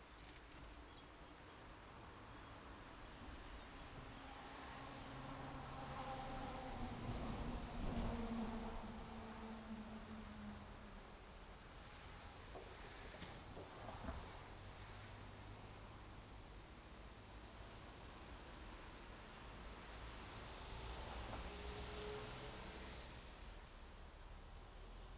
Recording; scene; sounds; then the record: everyday scene through a hearing-aid microphone; in traffic; traffic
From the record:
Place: main road on the outskirts, rush hour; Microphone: in the ear canal, left